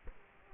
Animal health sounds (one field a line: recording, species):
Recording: mosquito wingbeat signal from an infrared sensor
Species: Culex quinquefasciatus